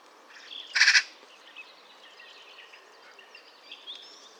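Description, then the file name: Eurasian magpie giving a single short, harsh rattling chatter near the start, then quiet with faint thin calls of other birds in the background. "Pica pica"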